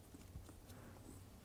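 A crimped terminal on a yellow wire is being handled into cavity 23 of a plastic connector during a 2007–2014 GM wheel theft deterrent inclination alarm sensor installation (Chevy and GMC). Only soft handling noise and faint low rustling are heard, and nothing has seated or clicked yet.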